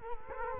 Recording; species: mosquito wingbeat signal from an infrared sensor; Culex quinquefasciatus